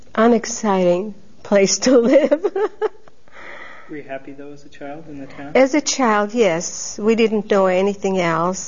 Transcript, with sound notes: unexciting place to live. ( she laughs )
Were you happy, though, as a child, in that town?
As a child, yes. We didn't do anything else.